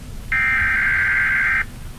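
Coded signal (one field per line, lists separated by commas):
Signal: Emergency Alert System (SAME) tones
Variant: header bursts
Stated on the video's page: EAS tones in a Roblox game.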